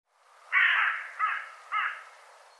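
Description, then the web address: Bird calls: one long harsh caw followed by two shorter, fading ones. "cianscape birddata"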